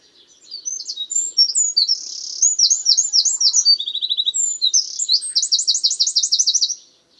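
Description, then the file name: Eurasian wren song, a six-second burst of shrill, quick-fire notes and rolling trills, including a dry rattle in the middle, with a faint low whistle briefly underneath. "Troglodytes troglodytes"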